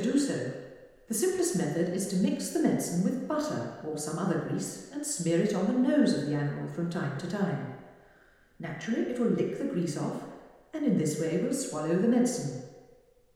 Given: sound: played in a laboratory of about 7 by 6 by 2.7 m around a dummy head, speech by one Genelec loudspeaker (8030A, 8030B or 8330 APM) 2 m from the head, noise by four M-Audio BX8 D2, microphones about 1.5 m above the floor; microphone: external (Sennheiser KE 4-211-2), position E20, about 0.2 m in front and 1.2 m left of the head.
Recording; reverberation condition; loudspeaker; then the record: female speech in English; high; 120 degrees to the left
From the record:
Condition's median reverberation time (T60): about 1300 ms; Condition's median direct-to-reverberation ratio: about -4.0 dB